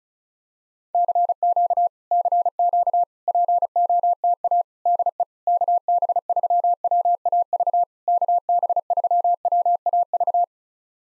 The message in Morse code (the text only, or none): CQ CQ POTA DE KB3WAV KB3WAV